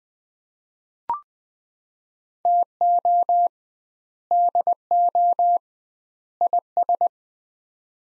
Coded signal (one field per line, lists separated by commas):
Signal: Morse code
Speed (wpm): 20 wpm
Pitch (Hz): 700 Hz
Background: none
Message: TO DO IS